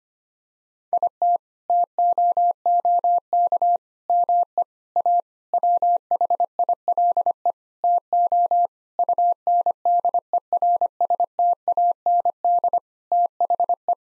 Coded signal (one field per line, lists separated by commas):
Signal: Morse code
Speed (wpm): 25 wpm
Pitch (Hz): 700 Hz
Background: none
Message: IT TOOK ME A WHILE TO UNDERSTAND THE